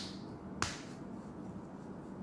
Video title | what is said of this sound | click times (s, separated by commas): Cara Menbersihkan atau Menganti Filter Xiaomi Purely Masker Anti Polusi Air Mask | klik klik klik udah | 0.6 s